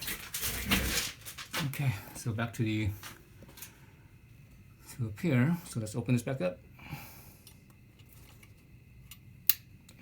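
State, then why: Released. Someone talks while the clutch hydraulic bleeder fitting on an ND Miata, part of a clutch bleed, is turned open again against its wire retaining clip. A sharp, loud click sounds at 9.5 s as the fitting snaps fully open.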